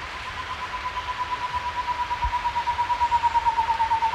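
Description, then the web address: Cloud-forest screech owl trilling a fast series of soft hoots on one pitch, the trill swelling from faint to loud, over a light background hiss. Recorded in South America. "Natures Songs S America Cloud-forest Screech-Owl"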